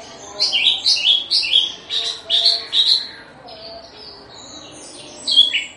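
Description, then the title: Horsfield's bush lark song, a run of rapid chirped notes and warbles, then a quieter pause and a final sharp phrase. Recorded in Situbondo, East Java, Indonesia. "Branjangan Javanica Ktp Situbondo Jatim"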